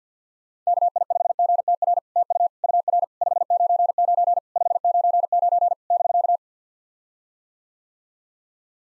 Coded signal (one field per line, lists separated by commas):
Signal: Morse code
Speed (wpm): 50 wpm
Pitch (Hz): 700 Hz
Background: none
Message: KI5GTR TU UR 599 599 <BK>